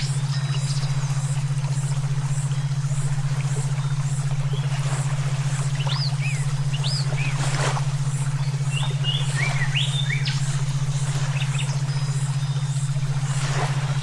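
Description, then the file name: Scattered songbird chirps and upward-sweeping whistles in brief clusters, with a loud continuous low hum beating rapidly beneath them. Brainwave therapy mix for training songbirds (omkicau). "terapi brainwave omkicau"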